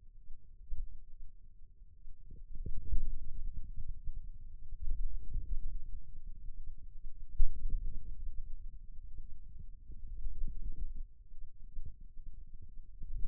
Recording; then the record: forearm muscle sounds (acoustic myography)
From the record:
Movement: wrist flexion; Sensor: system 2, bracelet of six BSWA MPA416 microphones around the upper forearm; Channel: 2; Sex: male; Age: 22 years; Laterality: right